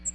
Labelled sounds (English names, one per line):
American Redstart flight call